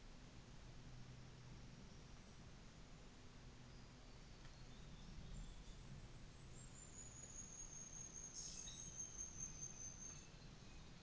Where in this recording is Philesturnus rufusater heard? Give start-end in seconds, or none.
none